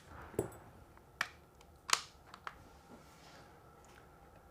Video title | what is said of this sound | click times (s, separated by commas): G-Force Genova Buggy Build - Part 2 - #askhearns | because I don't want the screws to fall out that's a satisfying click it is isn't it | 1.2 s, 1.9 s